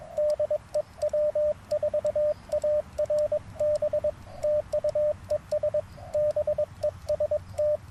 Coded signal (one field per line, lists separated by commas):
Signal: Morse code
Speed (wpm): 22 wpm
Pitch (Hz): 600 Hz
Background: radio noise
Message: DE W4ARB TU ES BEST